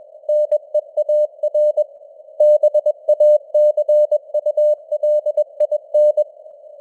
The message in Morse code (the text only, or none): NEAR BACULIN